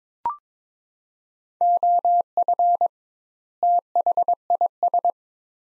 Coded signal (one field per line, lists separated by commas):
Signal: Morse code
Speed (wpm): 22 wpm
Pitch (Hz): 700 Hz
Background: none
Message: OF THIS